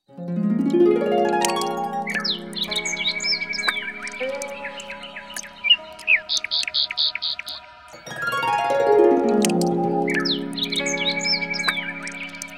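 Bird chirps and quick twittering notes run through the middle, set over loud, sliding, tone-like sounds at the start and end.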